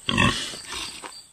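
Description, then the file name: Wild boar uttering a single loud, rasping grunt that fades into weaker snuffling sounds. "dziki"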